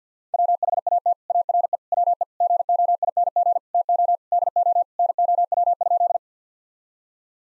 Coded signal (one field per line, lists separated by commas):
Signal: Morse code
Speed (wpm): 50 wpm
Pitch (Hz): 700 Hz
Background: none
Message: WHAT ARE WE GOING TO DO NOW?